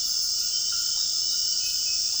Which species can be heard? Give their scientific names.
none